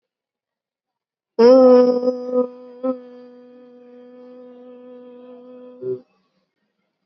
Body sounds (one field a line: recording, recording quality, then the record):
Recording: sustained vowel as in boot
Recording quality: excellent, no background noise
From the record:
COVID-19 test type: RT-PCR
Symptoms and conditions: cough, sore throat, another condition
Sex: female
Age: 22 years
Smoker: no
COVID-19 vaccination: both doses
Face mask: worn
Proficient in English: yes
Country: India